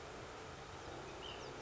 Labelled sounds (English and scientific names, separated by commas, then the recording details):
Ash-throated Flycatcher (Myiarchus cinerascens)
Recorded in Sonoma County, California